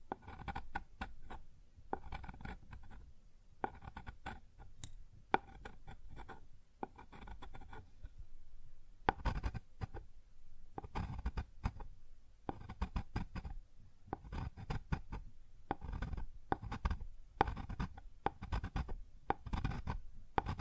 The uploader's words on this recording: ASMR Sounds on Wooden Surface (No Talking).